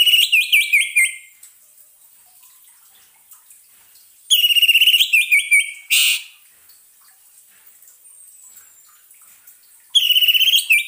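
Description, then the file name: Orange-headed thrush song: rapid strings of shrill whistled notes in several spaced phrases, with one harsh noisy burst among them. Song therapy recording for an orange-headed thrush (anis merah) that has stopped singing. "terapi suara anis merah macet bunyi"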